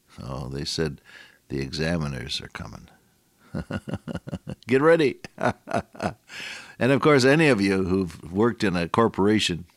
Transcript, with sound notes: Oh, they said, “The examiners are coming.” [chuckle] Get ready. And of course, any of you who’ve worked in a corporation,